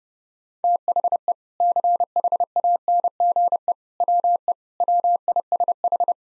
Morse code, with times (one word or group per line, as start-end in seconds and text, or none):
0.6-1.3 THE
1.6-3.7 CHANGE
4.0-4.5 WE
4.8-6.1 WISH